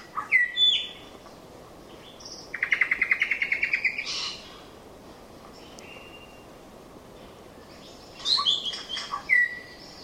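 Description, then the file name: Tooth-billed bowerbird calls: sharp downslurred whistles, a fast stuttering run of about a dozen clipped notes, then more bright whistled slurs near the end. "Scenopoeetes Dentirostris"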